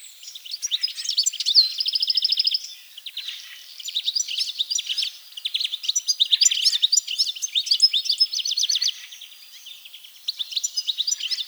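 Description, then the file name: European goldfinch song, long stretches of fast liquid twittering and a rapid trilled series early on, continuing almost without pause, with brief quieter gaps. "Carduelis carduelis"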